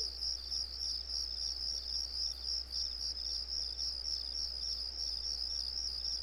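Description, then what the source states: Crickets give a constant shrill pulsing trill, the rhythmic chirps running evenly throughout. Crickets on a residential street.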